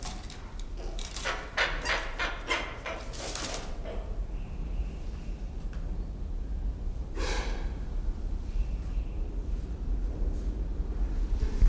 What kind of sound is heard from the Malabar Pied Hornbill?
call